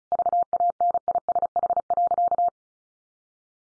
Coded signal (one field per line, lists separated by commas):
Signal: Morse code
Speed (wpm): 34 wpm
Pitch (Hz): 700 Hz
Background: none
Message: VANISH.